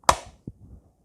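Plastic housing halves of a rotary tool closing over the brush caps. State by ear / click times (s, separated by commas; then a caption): seated / 0.1 s. The two plastic housing halves of a Dremel 4000 rotary tool are squeezed together on both sides over the refitted unthreaded brush caps, closing with a sharp, loud, bright click at 0.1 s that rings briefly. A faint tap comes just before it and a softer, duller knock follows at about 0.5 s. The housing snaps together and is seated.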